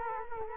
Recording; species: mosquito wingbeat signal from an infrared sensor; Culex quinquefasciatus